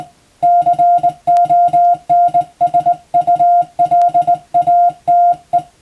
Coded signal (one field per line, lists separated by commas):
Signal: Morse code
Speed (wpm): 21 wpm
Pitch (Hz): 700 Hz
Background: music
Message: CONSULATE